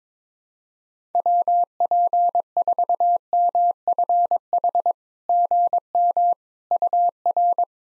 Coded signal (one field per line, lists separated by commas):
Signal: Morse code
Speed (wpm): 22 wpm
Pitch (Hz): 700 Hz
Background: none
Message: WP4MFH GM UR